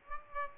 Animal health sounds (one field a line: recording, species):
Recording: mosquito wingbeat signal from an infrared sensor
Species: Aedes aegypti